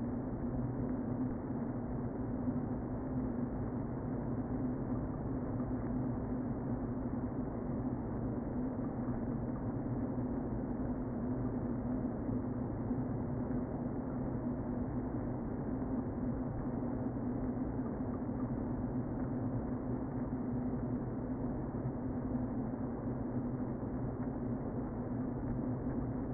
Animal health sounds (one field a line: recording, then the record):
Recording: honeybee colony, microphone inside the hive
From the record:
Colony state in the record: queen present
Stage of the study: before two queens were removed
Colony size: about 60,000 bees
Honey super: yes